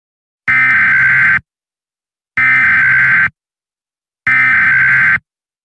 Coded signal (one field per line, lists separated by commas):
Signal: Emergency Alert System (SAME) tones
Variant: header bursts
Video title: EAS Scenario #1: Bishops Of The Old Faith